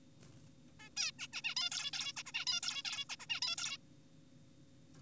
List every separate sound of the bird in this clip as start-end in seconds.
0.80-0.89, 0.97-1.12, 1.19-1.28, 1.33-1.42, 1.44-1.55, 1.57-1.70, 1.72-1.91, 1.93-2.13, 2.17-2.23, 2.26-2.32, 2.34-2.45, 2.47-2.60, 2.63-2.82, 2.85-3.05, 3.10-3.16, 3.20-3.26, 3.30-3.40, 3.42-3.56, 3.58-3.78